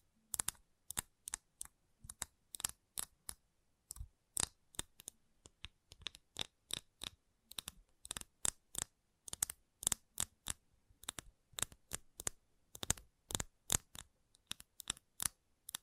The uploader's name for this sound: ASMR Gentle Tapping